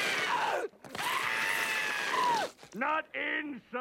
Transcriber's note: soundbite of screaming